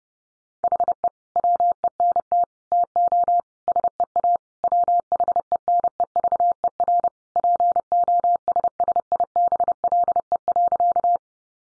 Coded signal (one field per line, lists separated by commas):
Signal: Morse code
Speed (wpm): 30 wpm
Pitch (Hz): 700 Hz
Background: none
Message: HE WENT TO SEA WHENEVER POSSIBLE.